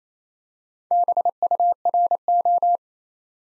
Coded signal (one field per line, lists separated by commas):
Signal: Morse code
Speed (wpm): 28 wpm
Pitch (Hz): 700 Hz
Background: none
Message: BURO